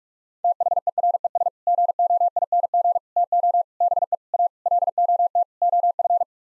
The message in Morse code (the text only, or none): THERES GOING TO BE A LOT OF